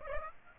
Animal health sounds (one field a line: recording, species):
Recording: mosquito wingbeat signal from an infrared sensor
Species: Aedes aegypti